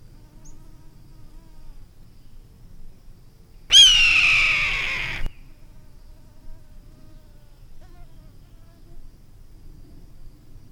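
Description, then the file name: Red-tailed hawk giving one hoarse, drawn-out scream that starts high and slides downward, lasting about one and a half seconds, with quiet low background rumble otherwise. "suara elang ekor merah. omkicau"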